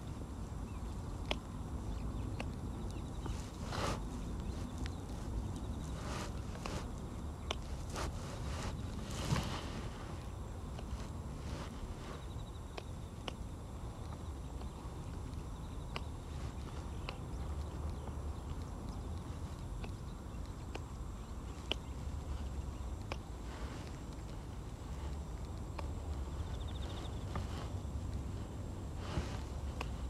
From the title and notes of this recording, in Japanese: ガサガサ音あり 人参除草／夕暮れ。片手にハサミを持ちながら、草を抜きつつ、大きいものはチョンチョン切っていきます。蚊が集まってきて、服の上からでも強烈に刺してきます。秋虫も大合唱。